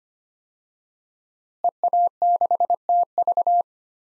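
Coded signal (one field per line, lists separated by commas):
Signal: Morse code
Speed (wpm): 25 wpm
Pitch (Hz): 700 Hz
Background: none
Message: EA6TV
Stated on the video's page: Head-copy drill at 25 wpm of 5-character non-US DXCC call signs, each sent twice, spoken, then sent again.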